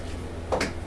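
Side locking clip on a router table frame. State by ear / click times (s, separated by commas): seated / 0.5 s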